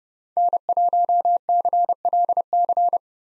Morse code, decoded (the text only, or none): N1CLC